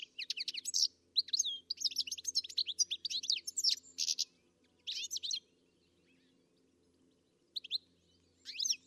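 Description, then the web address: Bird chirping in quick, squeaky high bursts through the first four seconds, then short scattered phrases after pauses, over a faint low hum. "Deverinetal. Bird Only"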